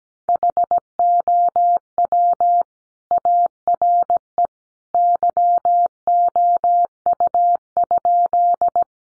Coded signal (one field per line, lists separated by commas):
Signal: Morse code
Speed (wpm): 17 wpm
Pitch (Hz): 700 Hz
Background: none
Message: HOW ARE YOU?